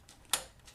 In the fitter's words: So you'll just hear a click and it goes onto the board.